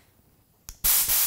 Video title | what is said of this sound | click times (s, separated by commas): Husky 4 Gal. 225 psi High Performance Air Compressor - CO41H | click one click the tool in no air click to air | 0.7 s